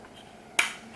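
A clip of the plastic prop-guard cage is pressed onto a DJI Neo drone's frame. A single sharp snap is heard at 0.6 s against quiet background, and the clip seats home.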